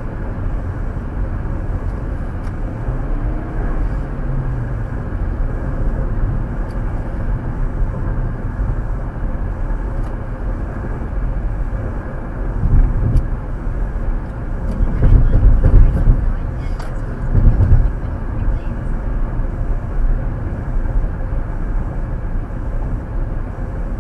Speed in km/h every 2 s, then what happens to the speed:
108, 109, 114, 111, 108, 106, 105, 101, 101, 105, 103, 101.
0-5 steady at about 109. 5-14 slows to 101. 14-24 steady at about 101.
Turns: none.